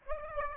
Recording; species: mosquito wingbeat signal from an infrared sensor; Aedes aegypti